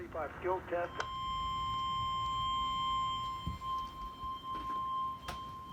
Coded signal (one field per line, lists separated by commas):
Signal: Emergency Alert System (SAME) tones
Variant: 1050 Hz attention tone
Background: speech